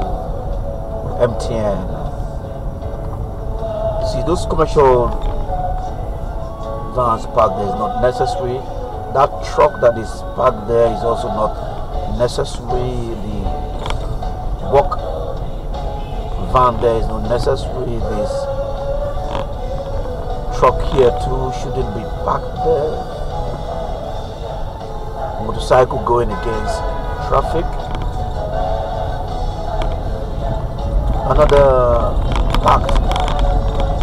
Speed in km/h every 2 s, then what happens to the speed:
24, 24, 18, 11, 11, 15, 16, 16, 16, 16, 18, 16, 16, 19, 24, 26, 27.
2-5 brakes to 11. 5-24 steady at about 16. 24-29 speeds up to 26.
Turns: none.